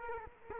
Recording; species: mosquito wingbeat signal from an infrared sensor; Culex quinquefasciatus